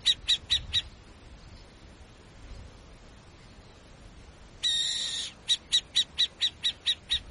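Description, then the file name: Burrowing owl calls: a run of four short, sharp chattering notes, a long pause, then a harsh rasping screech under a second long, then more quick notes at roughly four per second. "canto da coruja buraqueira"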